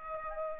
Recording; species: mosquito wingbeat signal from an infrared sensor; Aedes aegypti